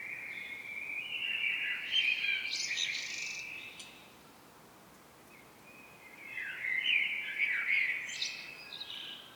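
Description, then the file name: Common blackbird song: two rich fluted phrases ending in high twittering, separated by a pause of a couple of seconds. "Turdus merula"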